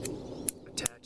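A plastic lens filter holder is pushed onto the adapter on the front of a camera lens, with a few faint plastic ticks and one stronger tick near 0.5 s. It seats with a sharp, bright click at 0.9 s, snapping into place.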